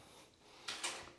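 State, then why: Seated. A removable shower drain cover is pushed back into the drain body after being pulled out for cleaning. A short, bright snap at 0.7 s is followed by a second scraping burst around 0.85 s. The cover seats in the drain.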